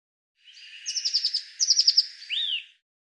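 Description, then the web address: Eurasian blue tit calls: a soft high hiss, then two quick runs of thin ticking notes and a rising-falling slurred note at the end. "Deverinetal"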